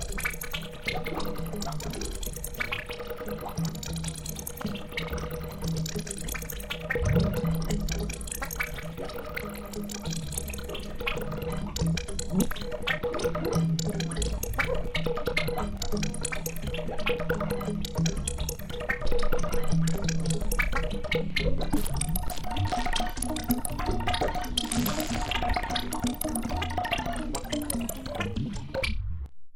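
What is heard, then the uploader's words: A dense, busy layer of small clicks, snaps and rasps runs without pause, like frogs, zippers, twigs and plucked strings piled together, over a low steady drone. Around 21 seconds the pitch of the drone shifts upward, and everything cuts off abruptly at the end. Frogs, zippers, guitar strings, twigs. I don't remember what files were used but they were manipulated live using Audiomulch and Pure Data.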